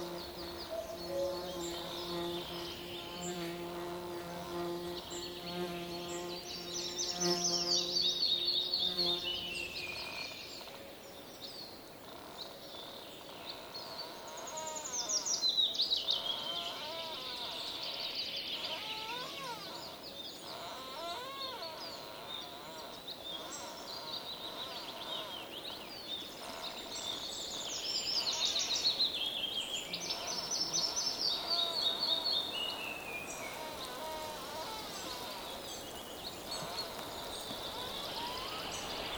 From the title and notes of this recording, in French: Ambiance de Finlance par Jean Louis SICAUD. Sur des sites naturels de la région d'illomantsi en Finlande à la découverte des ambiances et oiseaux présents en cette saison.